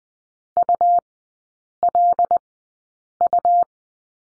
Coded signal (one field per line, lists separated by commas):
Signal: Morse code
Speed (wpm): 20 wpm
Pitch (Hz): 700 Hz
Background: none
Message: ULU